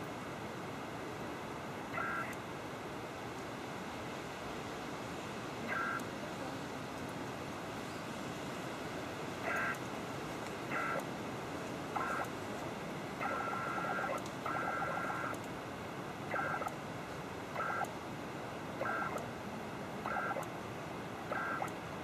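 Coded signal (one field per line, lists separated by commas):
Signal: HF data modem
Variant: PACTOR-II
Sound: short chirpy two-tone data bursts repeating about every second, with gaps, over hiss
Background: radio static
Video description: P2 mode was used for this connection because of the 30m frequency (Canadian Regs!).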